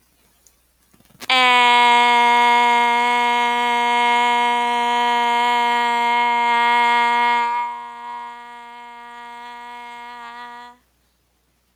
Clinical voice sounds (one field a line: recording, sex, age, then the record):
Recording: vowel held as long as possible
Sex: female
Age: 40 to 49 years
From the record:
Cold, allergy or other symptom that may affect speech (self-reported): no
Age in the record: 41 years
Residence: Wisconsin, United States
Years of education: 19